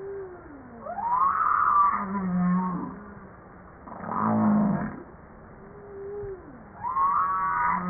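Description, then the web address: Humpback whale song: upswept harmonic cries, low falling moans and a broad rumbling grunt, alternating in a varied sequence. Recorded 5 March 1994 at 09:52; from a 2013 JASA publication. "pub JASA 2013 Blue Bowhead Fin Humpback Southern Right Whale humpback-01 940305-0952"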